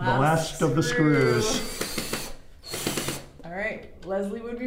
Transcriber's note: drilling sounds